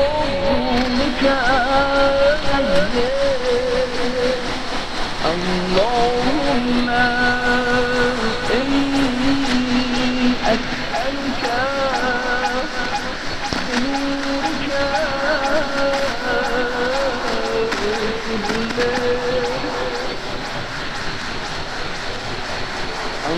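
Shortwave radio static at night, a steady dense hiss under wavering tones that slide and bend in pitch like drifting voices. Several low and middle tones overlap, fading in and out every few seconds, while faint clicks and crackles run throughout at an even level.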